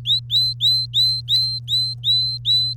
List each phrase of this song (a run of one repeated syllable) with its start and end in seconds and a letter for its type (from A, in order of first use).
0.05-2.74 A